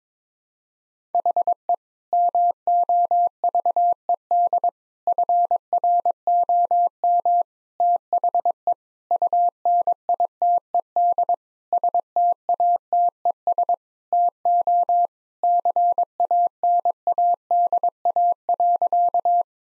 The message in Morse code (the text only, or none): HE MOVED FROM THE UNITED STATES TO CANADA.